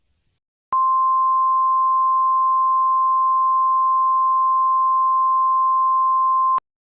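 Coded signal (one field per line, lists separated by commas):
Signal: Emergency Alert System (SAME) tones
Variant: 1050 Hz attention tone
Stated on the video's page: Simulated EAS scenario based on the game Garten of BanBan Chapter 1.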